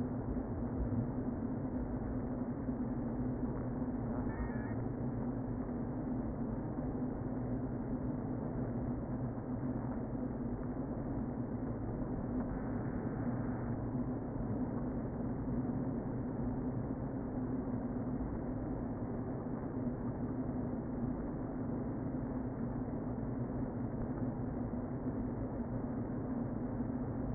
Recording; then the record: honeybee colony, microphone inside the hive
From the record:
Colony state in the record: queen present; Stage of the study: before two queens were removed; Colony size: about 60,000 bees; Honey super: yes